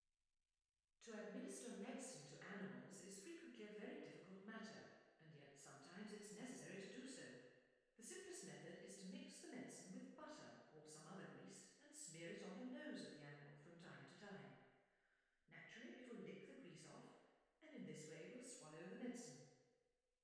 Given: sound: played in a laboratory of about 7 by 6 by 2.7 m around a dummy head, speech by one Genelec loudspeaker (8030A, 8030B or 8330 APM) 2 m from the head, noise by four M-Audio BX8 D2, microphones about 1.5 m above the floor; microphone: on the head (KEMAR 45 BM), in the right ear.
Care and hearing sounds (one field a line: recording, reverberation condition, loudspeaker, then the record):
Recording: female speech in English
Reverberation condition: high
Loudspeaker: 90 degrees to the left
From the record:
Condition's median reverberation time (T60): about 1300 ms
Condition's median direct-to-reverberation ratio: about -4.0 dB